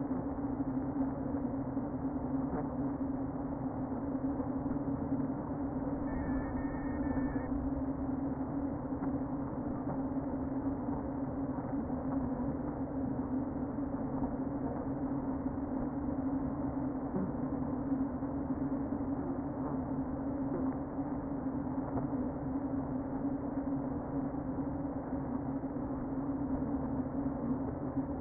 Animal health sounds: honeybee colony, microphone inside the hive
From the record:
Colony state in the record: queen present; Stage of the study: before two queens were removed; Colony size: about 60,000 bees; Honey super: yes

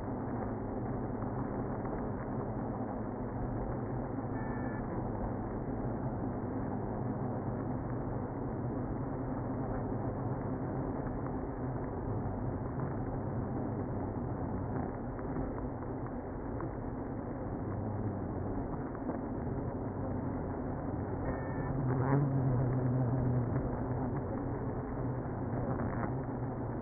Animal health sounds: honeybee colony, microphone inside the hive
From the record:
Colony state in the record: queenless (queen removed); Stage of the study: after two queens were removed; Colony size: about 60,000 bees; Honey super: yes

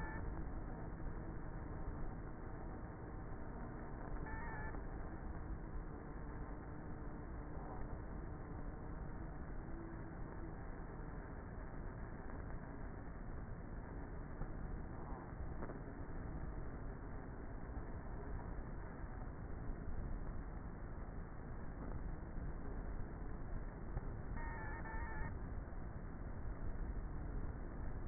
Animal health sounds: honeybee colony, microphone inside the hive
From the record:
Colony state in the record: queenless with a low population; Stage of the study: before two queens were removed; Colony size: about 30,000 bees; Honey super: no

